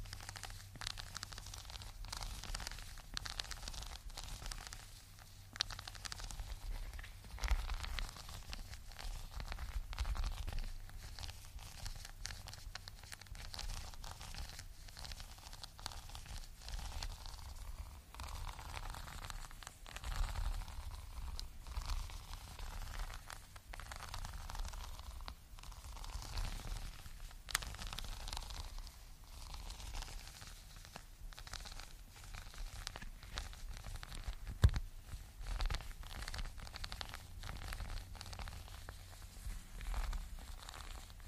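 Fingers scratch and rub across a green bumpy rug, making a dense, steady run of crackly, rustling taps. The texture stays fairly even for the whole stretch, with small sharper clicks scattered throughout and a low hum underneath.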